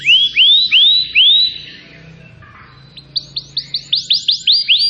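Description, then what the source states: Atlantic canary phrase of arched whistled notes, a brief pause, then a quick series of rising chirps, over a faint low hum. Canary song used as a lure to attract birds.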